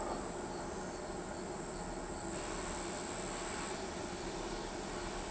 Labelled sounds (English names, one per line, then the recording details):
none
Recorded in pastures near Pivijay, Magdalena, Colombia, on 17 April 2023 at 21:00
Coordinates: 10.456, -74.369
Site P6-G026